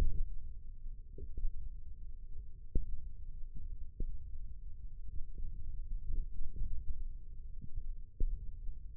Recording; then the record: forearm muscle sounds (acoustic myography)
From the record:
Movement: thumb flexion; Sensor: system 1, eight BSWA MPA416 microphones around the upper forearm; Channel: 3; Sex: male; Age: 20 years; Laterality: left